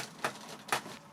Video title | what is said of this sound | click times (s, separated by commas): Build - Arrows Husky 1800 - Jan 2022 - Part 1 of 3 | that one didn't click that one did | 0.7 s